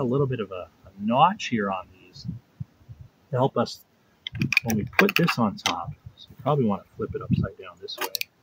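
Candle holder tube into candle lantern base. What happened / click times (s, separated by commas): The parts are only being handled; nothing has locked in yet / none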